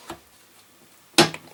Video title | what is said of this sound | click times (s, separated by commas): Part 4/4 - Budget Renault Clio Project - Bodywork repair, accident damage, headlight refitting | that's got it must have heard that click there | 1.2 s